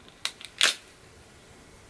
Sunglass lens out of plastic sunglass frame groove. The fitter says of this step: now you should hear a pop when removing the lens if you do do not be alarmed it's completely normal